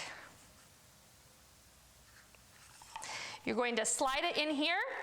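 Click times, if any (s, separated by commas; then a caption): none. A shop-vac adapter is handled and lined up with the dust collection port of a Kreg 720 pocket hole jig before being pushed in. There is quiet handling with faint ticks and rustling near 2.4 s and 3.0 s, then someone talks from about 3.5 s. Nothing has seated or clicked yet.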